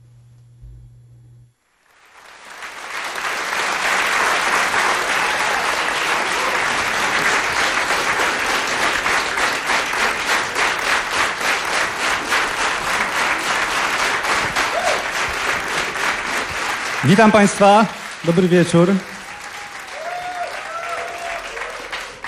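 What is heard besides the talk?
audience applause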